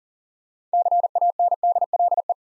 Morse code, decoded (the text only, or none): CANDLE